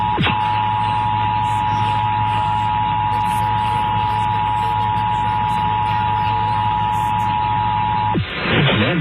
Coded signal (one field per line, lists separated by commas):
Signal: Emergency Alert System (SAME) tones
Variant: 853 and 960 Hz attention tone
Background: music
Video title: scariest eas alerts